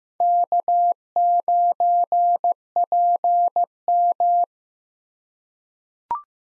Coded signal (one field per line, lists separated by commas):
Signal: Morse code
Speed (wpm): 15 wpm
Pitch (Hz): 700 Hz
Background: none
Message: K9PM